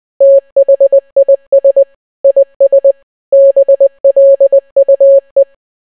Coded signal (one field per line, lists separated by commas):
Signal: Morse code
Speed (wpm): 20 wpm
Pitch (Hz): 550 Hz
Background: none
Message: THIS IS BLUE